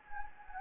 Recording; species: mosquito wingbeat signal from an infrared sensor; Anopheles gambiae